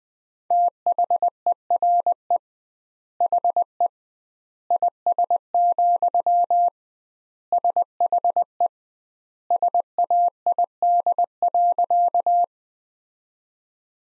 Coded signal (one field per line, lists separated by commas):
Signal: Morse code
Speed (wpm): 21 wpm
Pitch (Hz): 700 Hz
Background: none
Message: THERE HE IS, SHE SAID.